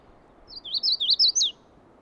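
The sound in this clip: Magnolia warbler giving one short song of bouncy, slurred whistles, roughly six notes in about a second, finishing with a higher downward note; soft hiss behind.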